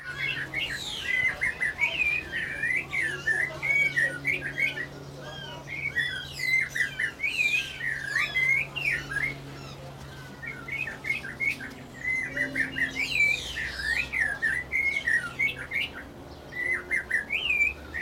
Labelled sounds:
Snowy-crowned Robin-Chat

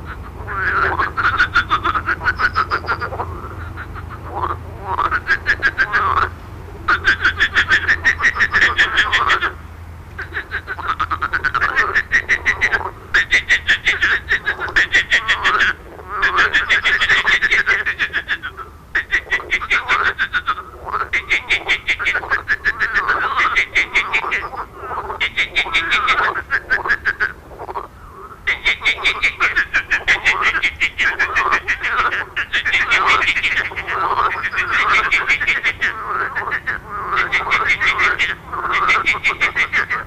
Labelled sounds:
Marsh Frog call

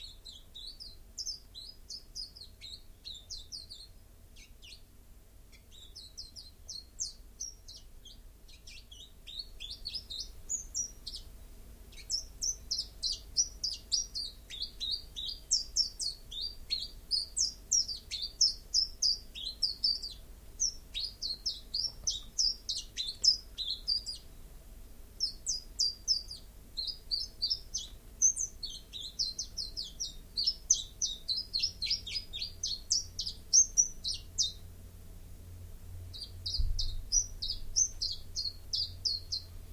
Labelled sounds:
Common Chiffchaff song

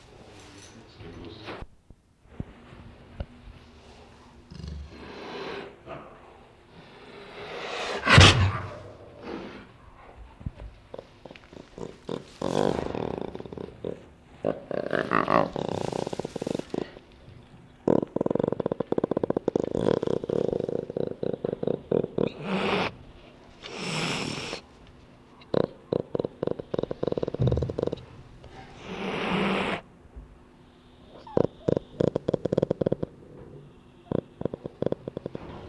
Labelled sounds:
Jaguar

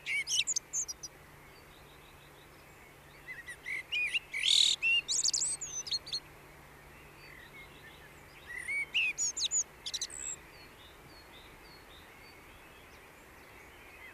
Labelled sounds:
Common Blackbird song

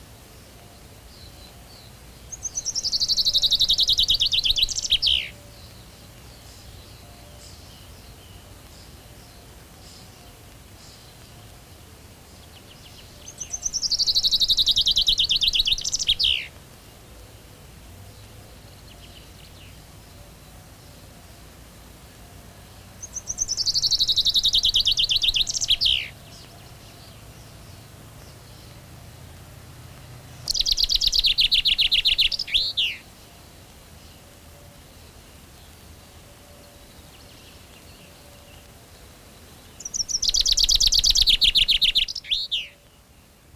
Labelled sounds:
Common Chaffinch song

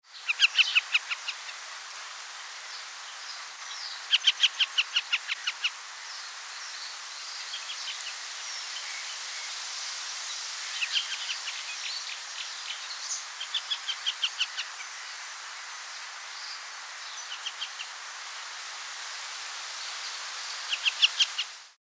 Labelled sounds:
Western Marsh Harrier

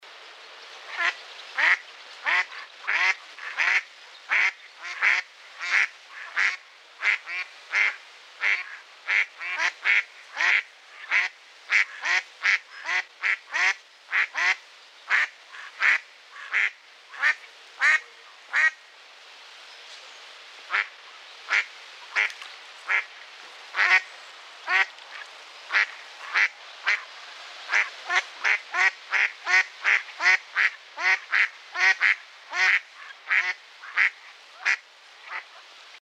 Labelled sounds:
Mallard

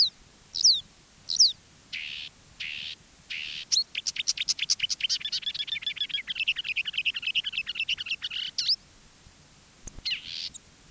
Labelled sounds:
Marsh Warbler song

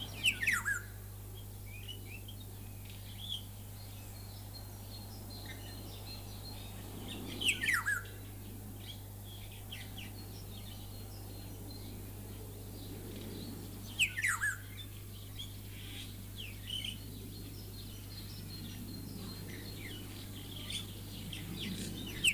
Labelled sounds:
Black-naped Oriole

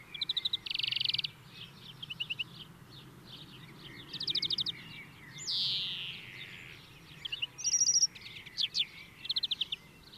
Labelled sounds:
European Greenfinch song

